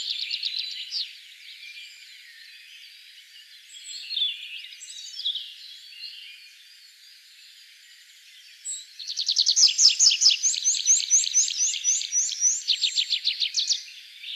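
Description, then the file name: Tree pipit song: after several seconds of quieter mixed birdsong, a loud bout of fast repeated high notes running into rapid trills and further repeated phrases. Recorded 1 June 2013. "01 06 2013 Baumpieper"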